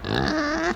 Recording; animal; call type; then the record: contact call of a hoofed animal; wild boar; grunt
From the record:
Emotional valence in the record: positive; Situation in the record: food anticipation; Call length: 0.76 s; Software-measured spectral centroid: 2030 Hz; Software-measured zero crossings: 1900 a second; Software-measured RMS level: -24 dBFS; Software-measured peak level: -10 dBFS